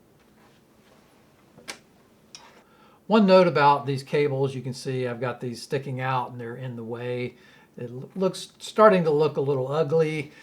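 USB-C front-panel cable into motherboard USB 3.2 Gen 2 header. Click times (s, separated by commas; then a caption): 1.7 s, 2.3 s. A front-panel USB-C data cable is pushed lightly into the USB 3.2 Gen 2 header on a motherboard. Two short ticks are heard at 1.7 s and 2.4 s as it clicks in and seats. Someone then talks.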